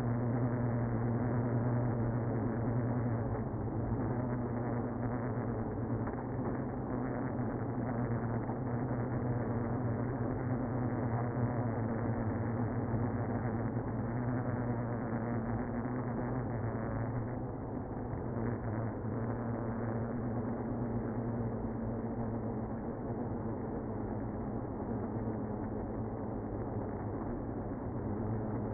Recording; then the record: honeybee colony, microphone inside the hive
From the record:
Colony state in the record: queenless (queen removed); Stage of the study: after two queens were removed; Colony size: about 60,000 bees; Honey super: yes